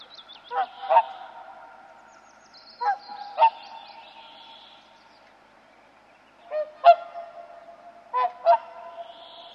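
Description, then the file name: Whooper swan calling: trumpeting honks, mostly in pairs, repeated at intervals. "cygnus cygnus"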